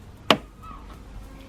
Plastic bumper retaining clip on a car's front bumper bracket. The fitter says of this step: obviously you hear a little click now the side